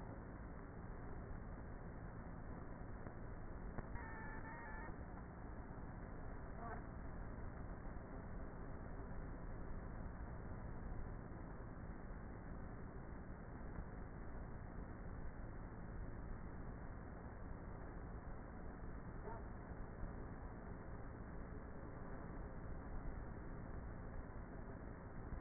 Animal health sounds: honeybee colony, microphone inside the hive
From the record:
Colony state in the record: queenless with a low population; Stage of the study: before two queens were removed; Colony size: about 30,000 bees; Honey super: no

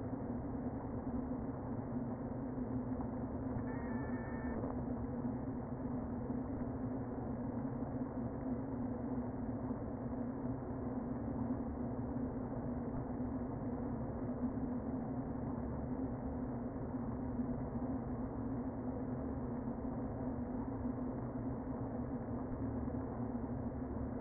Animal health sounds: honeybee colony, microphone inside the hive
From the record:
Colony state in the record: queen present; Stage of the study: before two queens were removed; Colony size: about 60,000 bees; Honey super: yes

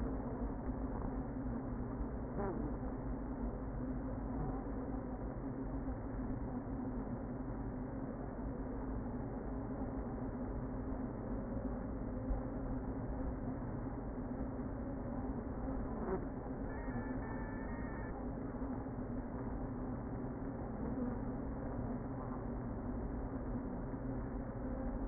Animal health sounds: honeybee colony, microphone inside the hive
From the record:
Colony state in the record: queen present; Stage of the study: before two queens were removed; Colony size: about 60,000 bees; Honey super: yes

